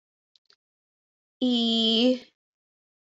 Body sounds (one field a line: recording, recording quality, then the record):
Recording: sustained vowel as in beet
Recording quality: excellent, no background noise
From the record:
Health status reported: COVID-19 positive, mild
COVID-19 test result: positive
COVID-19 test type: rapid antigen test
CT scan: not taken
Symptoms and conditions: cough, cold, breathing difficulty, sore throat, fever, fatigue, muscle pain, diarrhoea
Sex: female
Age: 21 years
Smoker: no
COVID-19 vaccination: both doses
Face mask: not worn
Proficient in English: yes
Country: India